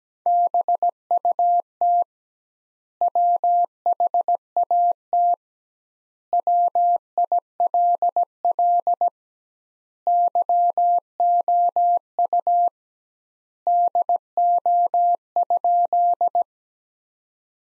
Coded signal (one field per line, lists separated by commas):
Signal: Morse code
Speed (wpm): 17 wpm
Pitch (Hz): 700 Hz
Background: none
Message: BUT WHAT WILL YOU DO?